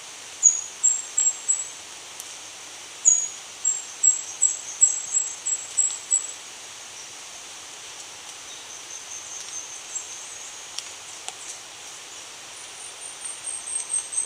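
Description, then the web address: Indigo flowerpiercer song: very high, thin tinkling notes in two quick runs, a long pause, then a faint high trill at the end; light hiss throughout. Ecuador. "Birds of Ecuador. Indigo Flowerpiercer"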